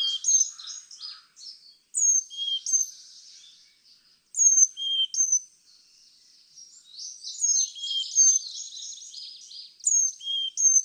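Carolina chickadee whistling pure high notes that fall to lower ones, repeated several times, with softer buzzy twittering between phrases.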